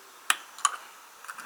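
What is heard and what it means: A model railway coupling is pushed into the plastic NEM pocket on the end of a Hornby mineral wagon and seats with a sharp, bright click at 0.3 s. A second, slightly softer click follows at 0.7 s, then a few faint ticks near 1.3–1.5 s. The coupling is clipped firmly into the pocket.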